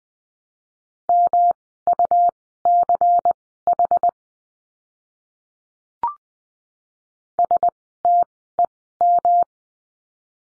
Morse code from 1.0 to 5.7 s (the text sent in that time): MUCH